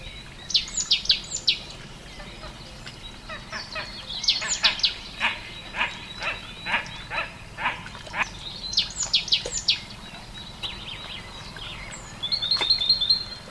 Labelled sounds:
Great Tit
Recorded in the wild
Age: adult
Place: Ossiach, AT
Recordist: Brunner, Thomas
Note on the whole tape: Aufgenommen am Ossiachersee

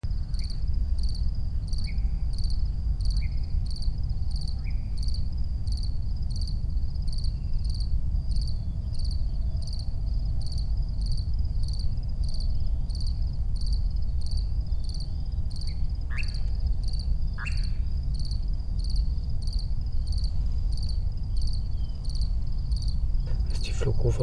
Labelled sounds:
Eurasian Nightjar flight call
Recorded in the wild
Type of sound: flight call
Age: adult
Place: Schönow, Naturpark Barnim, Brandenburg, DE
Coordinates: 52.6914, 13.5069
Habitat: meadow
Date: 2009-06-08 22:32
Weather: heiter, ca. 20 °C
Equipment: Sound Devices 702, Rode NT1-A Stereopaar
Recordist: Frommolt, Karl-Heinz
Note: Naturschutzgebiet Schönower Heide: Flugrufe eines Ziegenmelkers. Entfernung minimal 10 m. Tier gesehen. Aufnahme um 20 dB verstärkt

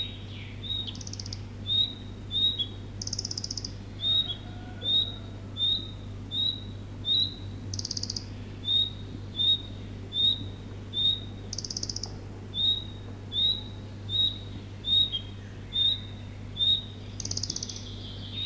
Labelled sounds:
Red-breasted Flycatcher
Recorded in the wild
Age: adult
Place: Ruciane-Nida, Warminsko-Mazurskie, PL
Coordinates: 53.7, 21.5667
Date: 1965-07-12
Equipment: Grundig TK 4, BG 20/6 - 19 cm/s
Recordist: Schubert, Michael

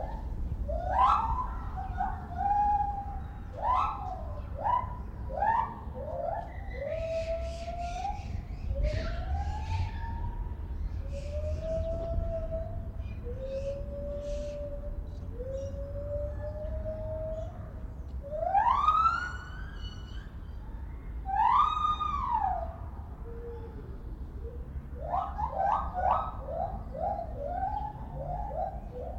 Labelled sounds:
Lar Gibbon call
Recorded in captivity
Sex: pair
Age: adult
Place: Zoo Berlin, Berlin, DE
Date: 1995-03-11 10:20
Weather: sonnig, 0 - 5 °C
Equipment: Sony WM-D6C, Sennheiser ME 80, Kopie Uher Variocord 263
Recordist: Tembrock, Günter

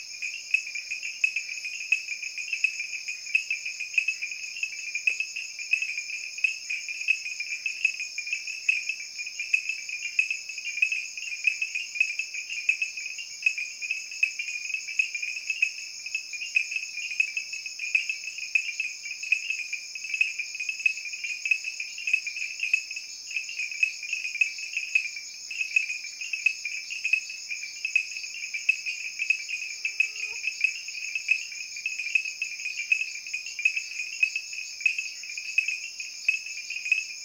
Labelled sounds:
Tinker Reed Frog call
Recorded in the wild
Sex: group
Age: adult
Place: Shakawe Fishing Lodge, Okawango-River, BW
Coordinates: -18.43, 21.905
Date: 1994-02-01 21:00
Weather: 23°C
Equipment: Sony TCD-D3, Sennheiser ME 80, K 30 AV
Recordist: Fischer, Werner

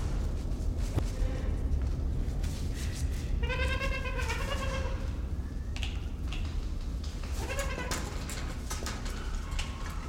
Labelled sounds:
Trumpeter Hornbill
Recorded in captivity
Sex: female
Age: adult
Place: Zoo Berlin, Berlin, DE
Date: 1992-12-25 11:47
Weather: heiter, -7°C
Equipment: Marantz CP 430, Sennheiser ME 80, Kopie Uher Variocord 263
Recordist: Tembrock, Günter
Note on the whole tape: Lautfolgen von Weibchen, ca. 1,5 m

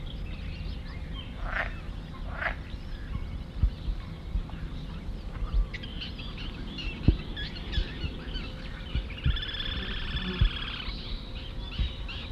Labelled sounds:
Edible Frog call
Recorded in the wild
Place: Mühlenbecker Land, Brandenburg, DE
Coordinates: 52.6769, 13.355
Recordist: Günther, Rainer

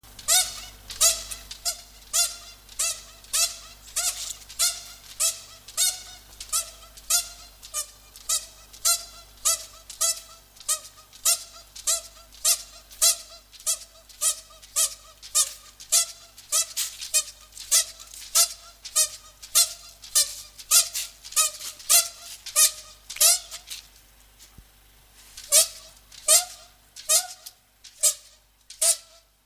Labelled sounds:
Spectacled Bear call
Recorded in captivity
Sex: female
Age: adult
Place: Tiergarten Nürnberg, Bayern, DE
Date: 1998-11-13 15:50
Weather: overcast, ca. 2-3°C
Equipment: Sony MD-WM MZ-R3, Sennheiser MKH 416 T, Kopie Uher 4000 Report Monitor
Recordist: Tembrock, Günter
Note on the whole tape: Wohl Weibchen: Rhythmische Lautfolgen, während dessen am Metallschieber zum Innenraum sitzend, mit beiden Vorderpfoten scharrend (Entfernung ca. 15 m)

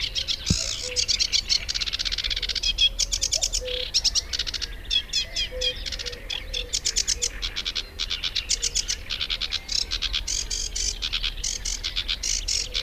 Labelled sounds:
Sedge Warbler song
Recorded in the wild
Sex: male
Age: adult
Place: Gartz (Oder), Nationalpark Unteres Odertal, Brandenburg, DE
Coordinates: 53.147, 14.3679
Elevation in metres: 1
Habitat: wetland
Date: 2014-05-07 19:52
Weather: cloudy, 18°C, almost windless
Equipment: Sound Devices 702, Sennheiser MKH 70, Rycote Windschutz
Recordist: Frommolt, Karl-Heinz

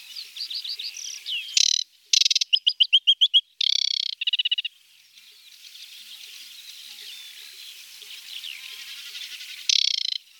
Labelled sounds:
Aquatic Warbler song
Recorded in the wild
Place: Nagyivan / Hortobagy, HU
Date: 1988-05-09
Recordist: Schwarz, Dieter

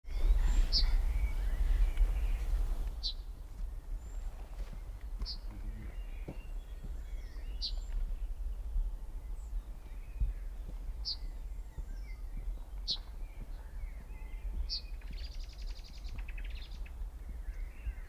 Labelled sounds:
Yellowhammer call
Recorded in the wild
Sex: male
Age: adult
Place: Hobrechtsfelder Rieselfelder, Naturpark Barnim, Brandenburg, DE
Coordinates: 52.6761, 13.5197
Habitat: open landscape
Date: 2006-04-13 14:25
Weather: bedeckt, ca. 10°C
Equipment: Edirol R-4, Sennheiser MKH 70, Windkorb
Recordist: Frommolt, Karl-Heinz
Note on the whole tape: In der Nähe zur Straße zwischen Schönow und Gorinsee: Rufe eines Männchens. Ruft in einer alten Eiche. Entfernung 10 m. Tier gesehen

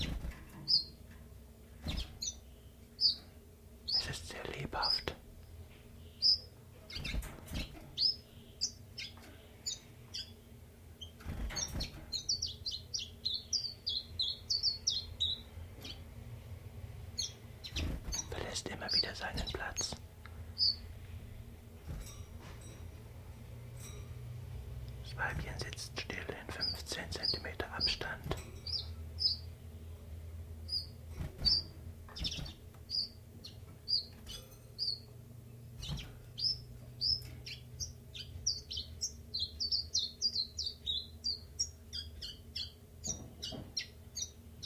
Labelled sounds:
Common Chiffchaff
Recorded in captivity
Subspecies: collybita
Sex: male
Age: adult
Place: Zoologisches Institut Universität Tübingen, Baden-Württemberg, DE
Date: 1963-03-12
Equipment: LGS26
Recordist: Schneider, Hans-Joachim
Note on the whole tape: Rivalengesänge. Ein Paar (Männchen: blau gelb/gelb, im Verlauf der Aufnahme als A bezeichnet, Weibchen: blau gelb/grün, im Verlauf der Aufnahme als B bezeichnet). Es stellt sich heraus, dass es sich bei dem Paar um zwei Männchen handelt. MaAs: M.Sch

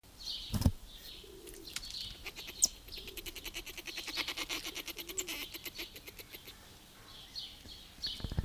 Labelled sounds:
Common Marmoset defence call
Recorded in captivity
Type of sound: defence call
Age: adult
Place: Zoo Halle, Sachsen-Anhalt, DE
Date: 2002-06-17 17:04
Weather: sunny, 27°C
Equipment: Nagra SN, Kopie Uher 4000 Report Monitor
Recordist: Tembrock, Günter
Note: Abwehrlaute (in der Weißgesichts-Saki - Aufnahme)

